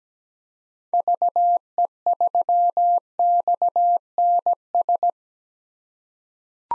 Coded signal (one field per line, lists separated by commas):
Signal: Morse code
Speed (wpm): 17 wpm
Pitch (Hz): 700 Hz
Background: none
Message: VE3XNS